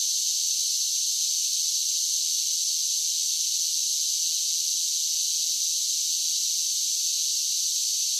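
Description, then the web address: Cicada song as a dense, even, hissing buzz held at one high pitch throughout. "Blastwave INSECTS Cicadas Sing"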